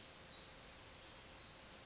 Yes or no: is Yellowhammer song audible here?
no